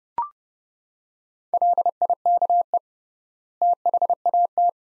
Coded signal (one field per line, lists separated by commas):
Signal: Morse code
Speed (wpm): 30 wpm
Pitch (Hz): 700 Hz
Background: none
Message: LIKE THAT